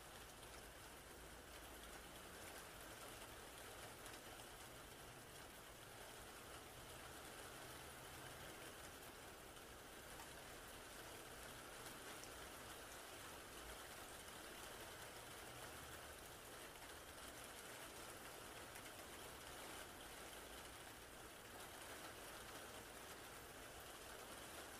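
Steady, dense rain hisses evenly throughout, with a low rumble underneath like an idling engine, unchanging from start to finish.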